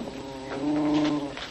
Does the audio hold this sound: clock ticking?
no